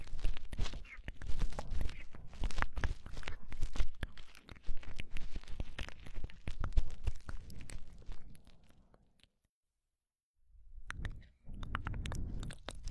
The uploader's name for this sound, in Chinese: 掏耳朵，耳边按摩